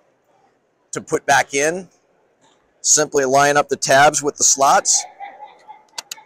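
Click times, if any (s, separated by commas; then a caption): 6.0 s, 6.1 s. Someone talks while a replacement lens is put back into a DARK Fighter K9 helmet by lining up its tabs with the frame slots and pushing. Two sharp clicks follow at about 6.0 and 6.1 seconds as the lens tabs seat in the slots.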